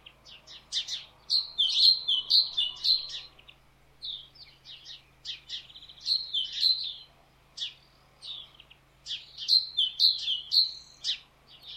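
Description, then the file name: Great tit: repeated bursts of quick two-note phrases, mixed with sharp high chips between runs. "Parus major"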